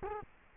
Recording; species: mosquito wingbeat signal from an infrared sensor; Culex quinquefasciatus